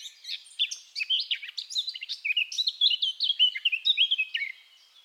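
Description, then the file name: Eurasian blackcap song, a rapid warbling phrase of varied notes that brightens into clearer whistles before fading out. "Sylvia atricapilla"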